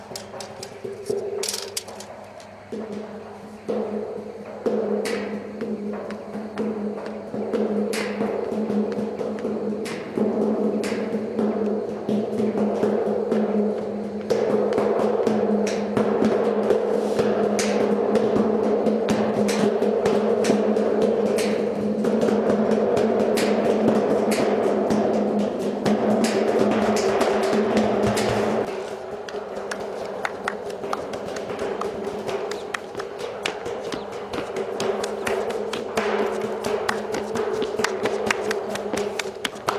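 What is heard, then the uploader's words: Someone drums on satellite dishes in Damascus, Syria, with quick, dense taps over a steady metallic ringing hum. The playing builds in loudness around ten seconds, stays full and busy until about twenty-eight seconds, then eases to a lighter level. Drumming on satellites in Damascus, Syria.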